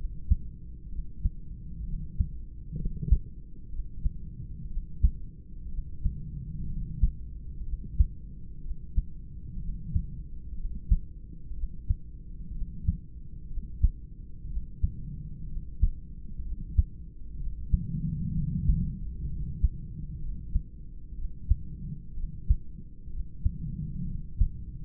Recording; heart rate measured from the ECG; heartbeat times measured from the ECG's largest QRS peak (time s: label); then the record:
heart sounds by stethoscope; 62 bpm
0.89 s: heartbeat
1.84 s: heartbeat
2.76 s: heartbeat
3.69 s: heartbeat
4.68 s: heartbeat
5.69 s: heartbeat
6.67 s: heartbeat
7.63 s: heartbeat
8.61 s: heartbeat
9.60 s: heartbeat
10.55 s: heartbeat
11.54 s: heartbeat
12.52 s: heartbeat
13.47 s: heartbeat
14.47 s: heartbeat
15.46 s: heartbeat
16.42 s: heartbeat
17.37 s: heartbeat
18.33 s: heartbeat
19.27 s: heartbeat
20.19 s: heartbeat
21.15 s: heartbeat
22.14 s: heartbeat
23.10 s: heartbeat
24.05 s: heartbeat
From the record:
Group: heart failure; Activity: rest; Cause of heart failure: idiopathic cardiomyopathy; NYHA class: 2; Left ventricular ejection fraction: 17%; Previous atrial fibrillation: present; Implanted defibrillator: present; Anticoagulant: edoxaban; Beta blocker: bisoprolol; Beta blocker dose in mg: 7.5 twice daily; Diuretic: furosemide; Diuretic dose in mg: 20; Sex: male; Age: 63 years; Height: 160 cm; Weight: 69 kg